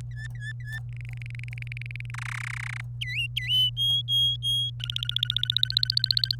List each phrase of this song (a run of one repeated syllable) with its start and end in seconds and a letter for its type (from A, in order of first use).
0.11-0.79 A, 0.97-2.10 B, 2.14-2.81 C, 3.01-3.70 D, 3.77-4.70 E, 4.80-6.35 F